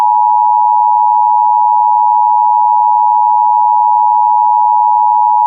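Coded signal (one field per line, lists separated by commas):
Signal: Emergency Alert System (SAME) tones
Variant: 853 and 960 Hz attention tone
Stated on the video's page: Fictional EAS scenario.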